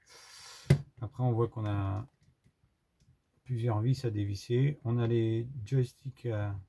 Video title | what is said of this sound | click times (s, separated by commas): suite 2 problème drift manette elite v2 | Alors, faut pas forcer comme un bourrin parce que c'est hyper fragile ça, ces trucs là, donc ça déclipse. | 0.7 s